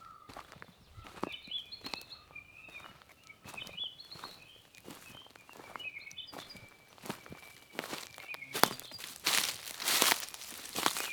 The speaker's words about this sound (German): Die Vögel, die hier gerade zwitschern, die Bäume, die hier die letzten 30 Jahre gewachsen sind, das Ökosystem, das sich hier entwickelt, wird dem Kiestagebau zu Opfer fallen.